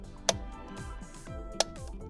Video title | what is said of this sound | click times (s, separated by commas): Mad Scientist Snippets | and you hear it click. | 0.3 s, 1.6 s